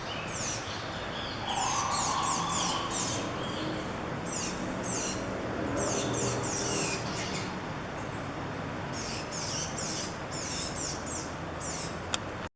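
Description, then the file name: Tanager song: bursts of thin, high squeaky notes delivered in quick irregular runs over a steady hiss of background noise. "Canto do sanhacu de encontro branco"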